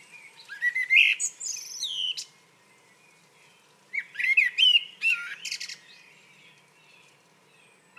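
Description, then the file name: Common blackbird song: two phrases of slurred fluty notes ending in scratchy high squeaks, followed by a few seconds of quiet. "Turdus merula"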